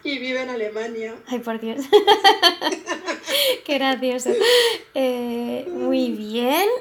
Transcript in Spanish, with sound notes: Y vive en Alemania.
Ay, por Dios. (RISAS) Qué gracioso. Muy bien.